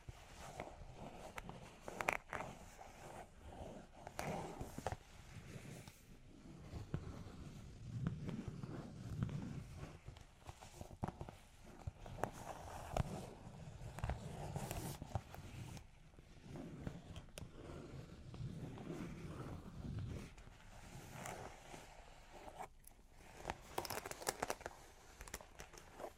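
Long claws tap and scratch in an uneven, busy patter that runs through the whole clip, with sharp clicks scattered among softer scraping. Low thumps and shuffles come and go beneath, louder around eight to ten seconds and again near twenty.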